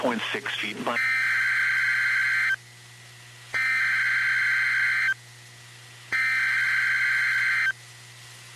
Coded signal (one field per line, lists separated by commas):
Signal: Emergency Alert System (SAME) tones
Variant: header bursts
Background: speech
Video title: WTF BLACKSBURG || EAS #13-14